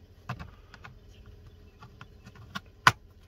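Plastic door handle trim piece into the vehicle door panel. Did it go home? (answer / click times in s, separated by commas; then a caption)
yes / 2.9 s. A plastic interior door handle trim piece on a 2018–2021 VW Atlas or Cross Sport is lined up on its pin and pushed back into the vehicle door panel. Faint handling clicks and rustles at 0.3, 0.9 and 2.0 s lead to one loud, sharp snap at 2.9 s as the handle trim seats back in place.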